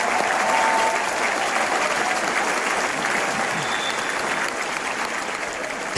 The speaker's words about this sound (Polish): I oczywiście owacje na stojąco. Fantastyczna przygoda, przepiękne wykonanie. I zasłużone oklaski.